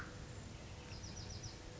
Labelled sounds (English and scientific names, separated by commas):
Bewick's Wren (Thryomanes bewickii)